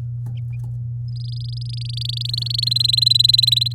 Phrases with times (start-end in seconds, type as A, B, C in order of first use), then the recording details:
1.08-2.69 A, 2.71-3.73 B. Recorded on 9 May 2018 at 12:21. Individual llb16